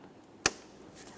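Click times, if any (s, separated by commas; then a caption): 0.5 s. A gray plastic wiring harness connector is lined up and slid into the back of a new headlamp assembly on a 2015-2019 Subaru Outback. A single sharp click rings out at 0.5 s against a quiet background. The connector is seated and secured, which a light tug test then confirms.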